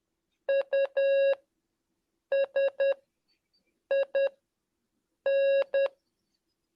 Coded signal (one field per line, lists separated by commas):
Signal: Morse code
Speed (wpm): 10 wpm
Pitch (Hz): 550 Hz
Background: none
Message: U S I N